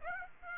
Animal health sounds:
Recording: mosquito wingbeat signal from an infrared sensor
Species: Aedes aegypti

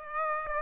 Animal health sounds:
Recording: mosquito wingbeat signal from an infrared sensor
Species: Aedes aegypti

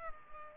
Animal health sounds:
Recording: mosquito wingbeat signal from an infrared sensor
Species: Culex pipiens

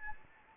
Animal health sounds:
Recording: mosquito wingbeat signal from an infrared sensor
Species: Anopheles gambiae

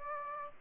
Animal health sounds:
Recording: mosquito wingbeat signal from an infrared sensor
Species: Aedes aegypti

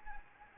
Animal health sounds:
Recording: mosquito wingbeat signal from an infrared sensor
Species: Anopheles gambiae

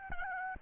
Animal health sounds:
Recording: mosquito wingbeat signal from an infrared sensor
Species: Aedes albopictus

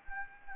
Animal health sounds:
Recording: mosquito wingbeat signal from an infrared sensor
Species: Anopheles gambiae

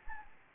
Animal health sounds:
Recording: mosquito wingbeat signal from an infrared sensor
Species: Anopheles gambiae

